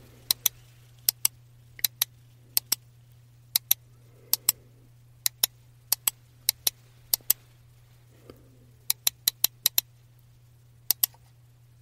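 A trackball mouse clicks sharply, often in quick pairs at irregular intervals, with a soft rolling rustle twice and a steady low hum underneath.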